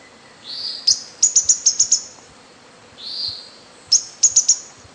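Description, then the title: Bird song: a soft hissing note, then a quick run of bright, high chirps. The phrase is given twice. "LuckyPassaro Completos2Sama"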